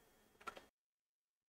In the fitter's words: it just snaps in place put the two screws in holds everything together